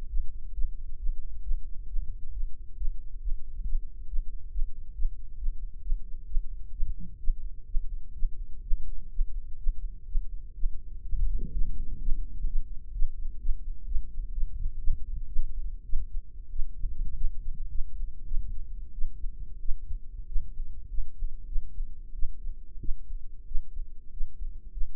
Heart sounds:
heart sounds by microphone in the right ear; 117 bpm
0.08 s: heartbeat
0.52 s: heartbeat
0.97 s: heartbeat
1.42 s: heartbeat
1.86 s: heartbeat
2.31 s: heartbeat
2.75 s: heartbeat
3.19 s: heartbeat
3.63 s: heartbeat
4.06 s: heartbeat
4.50 s: heartbeat
4.93 s: heartbeat
5.36 s: heartbeat
5.81 s: heartbeat
6.25 s: heartbeat
6.71 s: heartbeat
7.18 s: heartbeat
7.66 s: heartbeat
8.14 s: heartbeat
8.62 s: heartbeat
9.10 s: heartbeat
9.58 s: heartbeat
10.06 s: heartbeat
10.55 s: heartbeat
11.03 s: heartbeat
11.52 s: heartbeat
11.99 s: heartbeat
12.46 s: heartbeat
12.93 s: heartbeat
13.40 s: heartbeat
13.87 s: heartbeat
14.33 s: heartbeat
14.79 s: heartbeat
15.28 s: heartbeat
15.84 s: heartbeat
16.51 s: heartbeat
17.16 s: heartbeat
17.70 s: heartbeat
18.25 s: heartbeat
18.93 s: heartbeat
19.60 s: heartbeat
20.27 s: heartbeat
20.89 s: heartbeat
21.47 s: heartbeat
22.14 s: heartbeat
22.80 s: heartbeat
23.46 s: heartbeat
24.12 s: heartbeat
24.72 s: heartbeat
From the record:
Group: healthy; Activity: Valsalva maneuver 0-9 s, rest 9-25 s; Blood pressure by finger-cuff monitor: 122/82 mmHg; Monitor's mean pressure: 99 mmHg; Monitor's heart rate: 127 bpm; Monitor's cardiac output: 8.4 L/min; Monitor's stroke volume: 65 mL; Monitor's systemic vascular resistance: 880 dyn s/cm5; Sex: female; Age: 19 years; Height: 163 cm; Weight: 51 kg

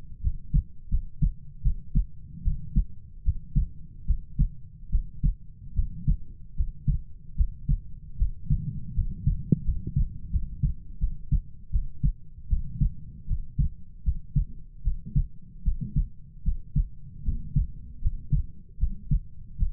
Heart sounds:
heart sounds by stethoscope; 77 bpm
0.21 s: heartbeat
0.89 s: heartbeat
1.62 s: heartbeat
2.42 s: heartbeat
3.23 s: heartbeat
4.05 s: heartbeat
4.89 s: heartbeat
5.73 s: heartbeat
6.54 s: heartbeat
7.35 s: heartbeat
8.16 s: heartbeat
8.93 s: heartbeat
9.63 s: heartbeat
10.30 s: heartbeat
10.98 s: heartbeat
11.70 s: heartbeat
12.48 s: heartbeat
13.26 s: heartbeat
14.03 s: heartbeat
14.82 s: heartbeat
15.63 s: heartbeat
16.43 s: heartbeat
17.23 s: heartbeat
18.00 s: heartbeat
18.78 s: heartbeat
19.57 s: heartbeat
From the record:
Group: healthy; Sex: female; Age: 19 years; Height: 163 cm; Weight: 48.9 kg

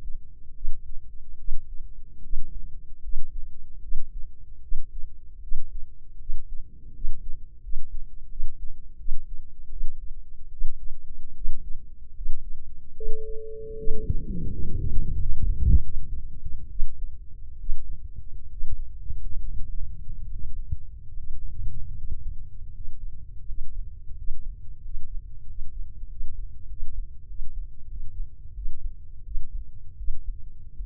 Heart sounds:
heart sounds by microphone in the left ear; 79 bpm
0.52 s: heartbeat
1.36 s: heartbeat
2.20 s: heartbeat
3.00 s: heartbeat
3.80 s: heartbeat
4.60 s: heartbeat
5.39 s: heartbeat
6.17 s: heartbeat
6.92 s: heartbeat
7.60 s: heartbeat
8.27 s: heartbeat
8.96 s: heartbeat
9.68 s: heartbeat
10.49 s: heartbeat
11.33 s: heartbeat
12.13 s: heartbeat
12.93 s: heartbeat
13.75 s: heartbeat
14.49 s: heartbeat
15.15 s: heartbeat
15.80 s: heartbeat
16.69 s: heartbeat
17.57 s: heartbeat
18.47 s: heartbeat
19.37 s: heartbeat
20.25 s: heartbeat
21.10 s: heartbeat
21.91 s: heartbeat
22.69 s: heartbeat
23.42 s: heartbeat
24.12 s: heartbeat
24.79 s: heartbeat
25.43 s: heartbeat
26.05 s: heartbeat
26.65 s: heartbeat
27.25 s: heartbeat
27.86 s: heartbeat
28.53 s: heartbeat
29.22 s: heartbeat
29.96 s: heartbeat
30.75 s: heartbeat
From the record:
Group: healthy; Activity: rest 0-11 s, breath hold 11-31 s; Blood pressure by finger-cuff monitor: 107/68 mmHg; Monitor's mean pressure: 78 mmHg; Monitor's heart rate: 75 bpm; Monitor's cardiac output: 5.9 L/min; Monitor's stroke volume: 75 mL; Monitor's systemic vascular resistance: 960 dyn s/cm5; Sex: female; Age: 23 years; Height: 160 cm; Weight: 50.4 kg

